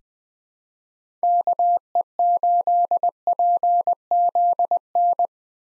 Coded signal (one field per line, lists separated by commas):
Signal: Morse code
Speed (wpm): 20 wpm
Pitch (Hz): 700 Hz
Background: none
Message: KE8PZN